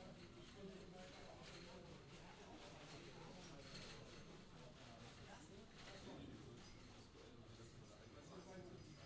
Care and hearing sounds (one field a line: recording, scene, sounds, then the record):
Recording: everyday scene through a hearing-aid microphone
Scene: many people talking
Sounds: many voices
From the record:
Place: university cafeteria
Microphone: in the ear canal, left